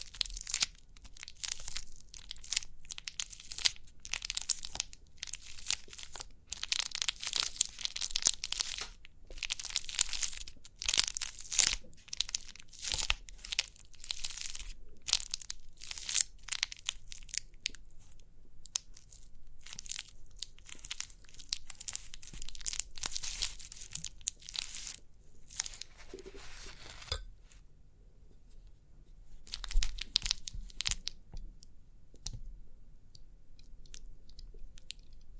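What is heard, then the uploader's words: Crinkly rustling and crunching, like plastic or paper handled, in dense bursts of crisp, bright crackle. The handling is busiest through the first 27 seconds, then thins to scattered crinkles after a brief pause. A faint low hum sits underneath. ASMR Relaxing & Crinkly Pimple Popping(No Talking).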